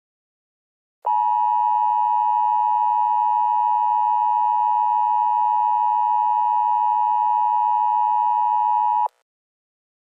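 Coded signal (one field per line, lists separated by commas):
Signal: Emergency Alert System (SAME) tones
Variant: 853 and 960 Hz attention tone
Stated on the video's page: Fictional EAS scenario about a Kentucky coal mine fire.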